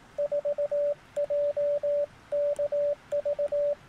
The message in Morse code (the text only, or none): 4JKV